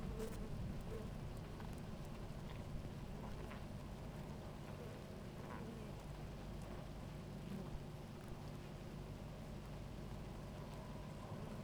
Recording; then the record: honeybee colony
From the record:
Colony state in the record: active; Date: 28 July 2017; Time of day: 17:24